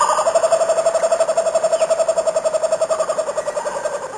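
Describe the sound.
Kookaburra laughing call, a steady run of rapid, evenly pulsed hollow notes, slowly fading toward the end.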